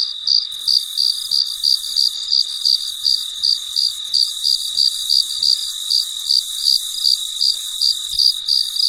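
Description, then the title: Cricket chirp series, bright high pulses roughly three each second, with an unbroken high hum behind. Recorded late at night in very quiet surroundings. "深夜录制蟋蟀昆虫声"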